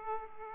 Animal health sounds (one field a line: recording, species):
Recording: mosquito wingbeat signal from an infrared sensor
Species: Aedes aegypti